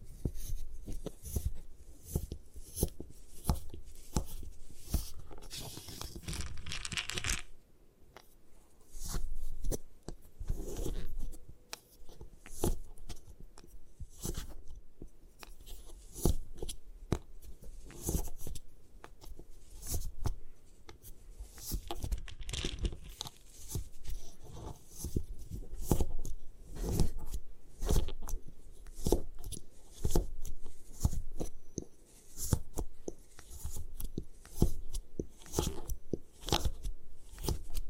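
Gym chalk being crushed and broken apart, a dense run of crumbly, scratchy cracks and snaps packed close together. The crunching goes on for the full length with brief lulls near 8, 11 and 22 seconds, plus a low thudding undertone.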